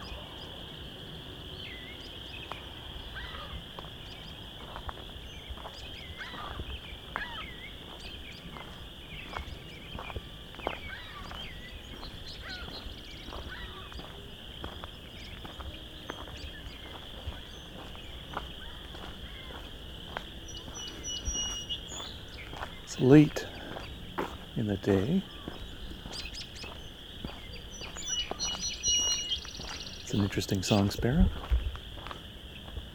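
A spring dusk walk through the Vinemount Swamp, with a steady, high-pitched chorus, likely frogs, holding unbroken throughout. Short ticks and crunches, like footsteps, land every second or so, with louder rustling bursts near 23, 25 and 31 seconds over a faint low rumble.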